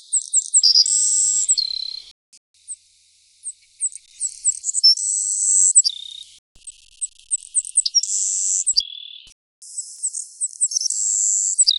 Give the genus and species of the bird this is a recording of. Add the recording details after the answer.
Passerculus sandwichensis. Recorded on Kent Island, New Brunswick, in 2008